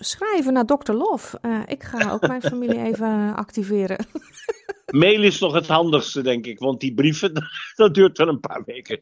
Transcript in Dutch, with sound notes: Schrijven naar Dokter Love. Ik ga ook mijn familie even activeren. [lacht]
Mail is nog het handigste denk ik, want die brieven, dat duurt wel een paar weken.